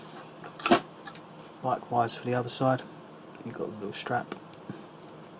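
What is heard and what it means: A chest strap link on the second side of a plastic Suunto Ambit 2 HR heart rate sensor pod is handled while someone talks, with a few brief handling knocks and rustles. Nothing has seated or clicked into the sensor yet; the clip ends just before the link goes home.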